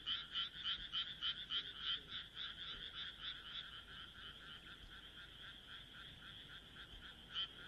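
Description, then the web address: Frog croaks: a clear run of separate rasping notes at the start, then softer continuous croaking, with a loud croak returning at the end. "kaeru kaeru"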